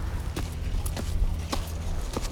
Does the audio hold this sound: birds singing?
no